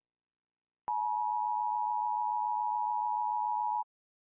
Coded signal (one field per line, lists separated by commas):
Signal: Emergency Alert System (SAME) tones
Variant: 853 and 960 Hz attention tone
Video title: Godzilla eas alarm part 1 )read description)